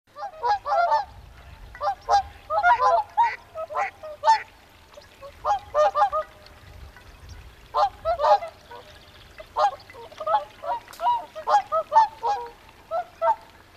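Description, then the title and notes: Whooper Swans calling: loud, bugling honks in irregular bursts, with short pauses between clusters of calls. "Laulujoutsen. Juha Laaksonen. Yle"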